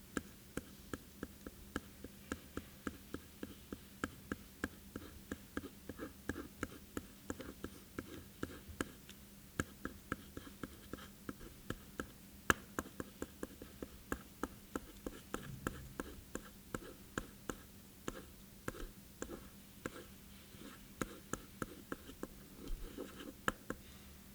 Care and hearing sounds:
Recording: daily activity, guitar pickup as the sensor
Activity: write

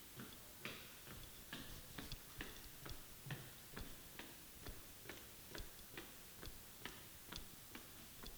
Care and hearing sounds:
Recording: daily activity, guitar pickup as the sensor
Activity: run

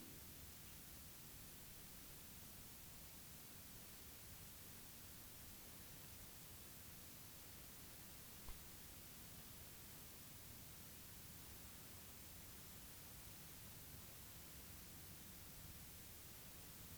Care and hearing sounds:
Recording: daily activity, guitar pickup as the sensor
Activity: lie down

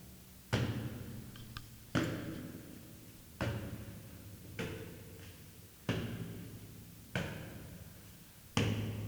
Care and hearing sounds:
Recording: daily activity, guitar pickup as the sensor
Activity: go upstairs

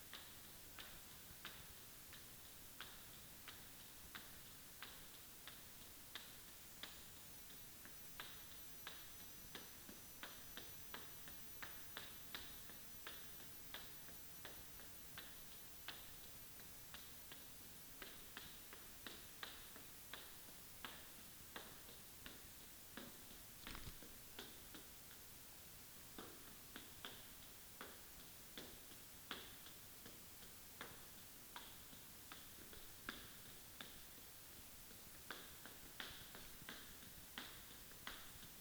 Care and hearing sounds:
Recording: daily activity, guitar pickup as the sensor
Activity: run

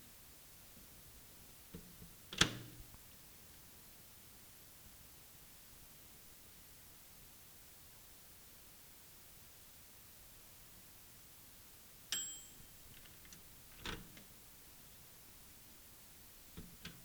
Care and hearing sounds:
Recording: daily activity, guitar pickup as the sensor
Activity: use microwave

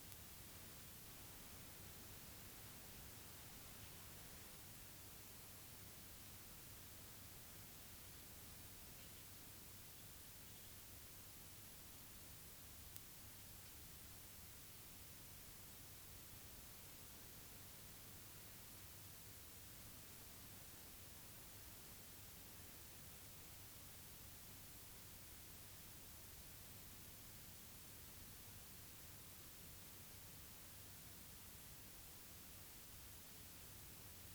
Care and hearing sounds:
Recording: daily activity, guitar pickup as the sensor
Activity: sit

